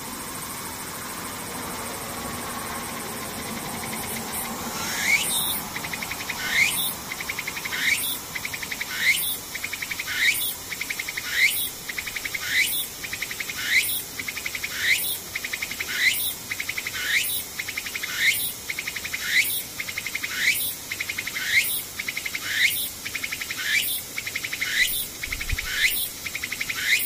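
A cicada starts up about four seconds in and keeps a steady, bright buzzing, pulsed into regular rising swells a little more than once a second. The pattern holds evenly to the end over a faint, low background hiss.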